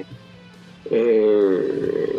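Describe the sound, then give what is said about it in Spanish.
A domestic cat lets out one loud, drawn-out meow lasting under a second, a steady, slightly wavering tone that fades at the end, following a brief low murmur. “Coño, gato, ¿qué? Gato.”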